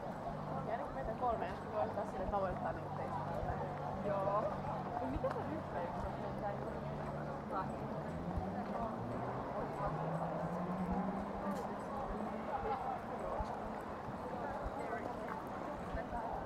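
Outdoor crowd murmur at Lafayette Square by the White House, with steady overlapping voices, a passing motor hum, and occasional clip-clop of hooves.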